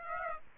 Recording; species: mosquito wingbeat signal from an infrared sensor; Aedes aegypti